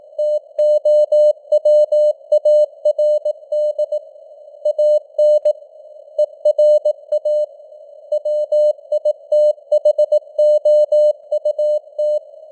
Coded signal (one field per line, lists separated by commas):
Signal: Morse code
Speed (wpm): 18 wpm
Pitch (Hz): 600 Hz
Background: none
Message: TOWARD AN ERA WITHOUT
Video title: Morse Code News | 2026-01-21 | 18wpm